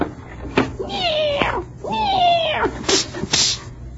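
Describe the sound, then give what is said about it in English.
A female cat outside an open window lets out two long, wavering yowls, each sliding up and then down in pitch, fairly loud, with a few short sharp bursts of noise between and after them. “you feed the cat?”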